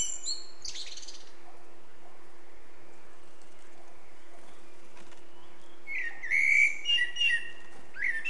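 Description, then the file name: Eurasian blackbird singing: after several seconds of steady hiss, a short run of fluty whistled notes ends in a thin, high twitter, with a brief squeaky burst near the start. "Turdus merula"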